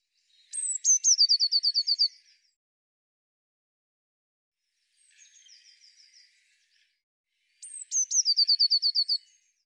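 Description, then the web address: Eurasian blue tit: two sharp, very high descending notes run into a rapid, even trill. The phrase comes twice, with a quieter trill in the long gap between. "cianscape birddata Deverinetal 2025 File cleaned normalized Bird Cy Ca"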